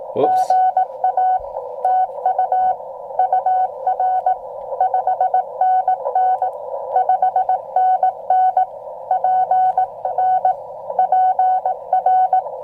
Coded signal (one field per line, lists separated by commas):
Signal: Morse code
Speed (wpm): 18 wpm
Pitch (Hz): 750 Hz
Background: none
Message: GA TU UR 5NN 5NN P N PR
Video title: MFJ-1898 Telescoping Antenna paired with the Xiegu X6100…The first #POTA field trip!